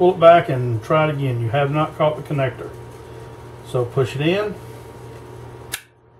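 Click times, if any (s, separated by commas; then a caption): 5.7 s. During reassembly of a Ruger Mk III pistol, the mainspring housing is pushed in and its steel latch lever is swung into the grip frame while someone talks. A single sharp click lands at 5.7 s as the lever clicks closed, and the mainspring housing is seated.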